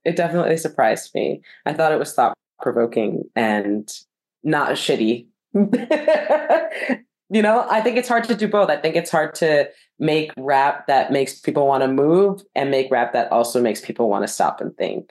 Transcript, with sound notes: It definitely surprised me. I thought it was thought provoking and not shitty. [Laughing]. You know, I think it’s hard to do both. I think it’s hard to make rap that makes people want to move and make rap that also makes people want to stop and think.